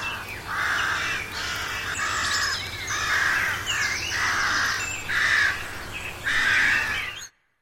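Crows cawing, harsh hoarse calls in several repeated bursts.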